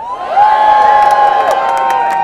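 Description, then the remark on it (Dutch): A large crowd at the Klimaatmars climate march on 12 November 2023 roars and cheers in a sustained wall of voices, with high whoops and shouts rising above the steady, loud din. “En het antwoord staat hier voor me. Klimaatmars, laat je horen.”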